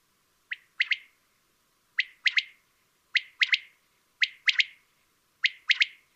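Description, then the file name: Common quail calling its three-note phrase, one sharp note then a quick pair, repeated five times in otherwise quiet surroundings. "Common-Quail- Coturnix-coturnix"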